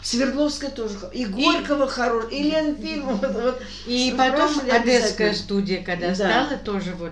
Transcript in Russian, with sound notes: Свердловск тоже, и Горького хорошее, и Ленфильм. [очень эмоционально] И потом Одесская студия, когда надо тоже.